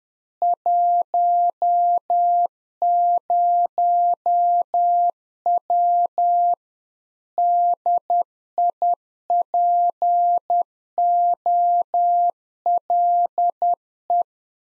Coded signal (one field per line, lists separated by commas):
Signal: Morse code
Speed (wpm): 10 wpm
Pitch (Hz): 700 Hz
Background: none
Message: 10W DIPOLE